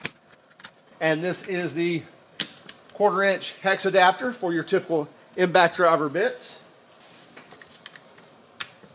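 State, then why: Seated. Someone talks while a quarter-inch hex adapter head for impact driver bits is slid onto the body of a DeWalt 20V ATOMIC multi-head drill driver (DCD803B) without pulling back the collar. A few light clicks and taps follow the talking, then a sharp, loud click at 8.6 s as the head locks into place.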